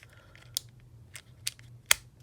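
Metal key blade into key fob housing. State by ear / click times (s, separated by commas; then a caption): seated / 0.6 s, 1.5 s, 1.9 s. The metal emergency key blade is slid back into its slot in the plastic key fob of a Ford Focus, after a battery replacement, until it latches. Sharp clicks ring out at 0.6, 1.5 and 1.9 seconds, the last one the loudest, over a faint low hum. The blade is seated and locked in the fob.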